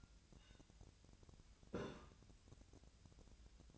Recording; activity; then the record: daily activity, microphone in the room; take from stove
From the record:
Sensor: 2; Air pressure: 1009.8 hPa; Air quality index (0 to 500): 178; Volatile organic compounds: 10 ppm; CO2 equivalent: 2228 ppm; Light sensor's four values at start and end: 31/77/33/37 and 31/77/33/37